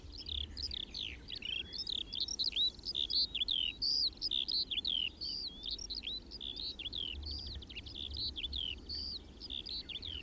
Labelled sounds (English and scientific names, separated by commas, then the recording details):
Eurasian Skylark (Alauda arvensis) song
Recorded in the wild
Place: Kaiserslautern, Rheinland-Pfalz, DE
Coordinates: 49.4806, 7.71167
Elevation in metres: 350
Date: 1973-06-12
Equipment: Nagra IV, Sennheiser MKH 405, Parabolreflektor
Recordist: Tretzel, Erwin